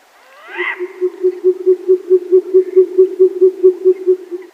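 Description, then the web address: Short-eared owl hooting a steady series of low, evenly spaced hoots, after a brief higher rasping note at the start. Male performing a flight display. "Schulze Peter Short-eared Owl"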